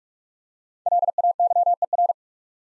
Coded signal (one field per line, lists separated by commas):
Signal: Morse code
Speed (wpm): 44 wpm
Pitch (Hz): 700 Hz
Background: none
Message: LAYER